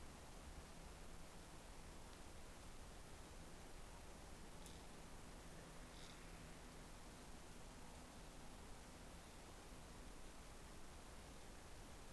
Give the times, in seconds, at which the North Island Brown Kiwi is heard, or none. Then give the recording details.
none. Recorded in New Zealand on 10 December 2013. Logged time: 02:28. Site DE65